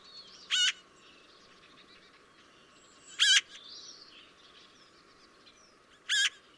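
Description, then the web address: Eurasian magpie repeating a hoarse, buzzy single note three times at gaps of roughly three seconds, with faint bird chatter in the background. "chant xeno-canto pie bavarde"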